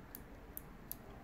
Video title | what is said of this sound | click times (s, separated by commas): RTUK 'S Unboxing and Review of the Weirdo and Honor tanks from Sense | that actually clicks into place so that's fully open if you can see straight through and | 0.1 s, 0.6 s, 0.9 s